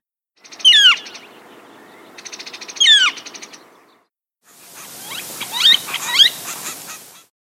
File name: Gilded Flicker